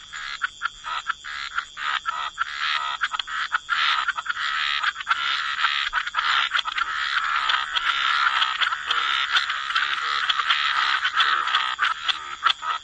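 Frogs massed in a chorus, steady trilling rattle with quick pulses running through it, barely pausing.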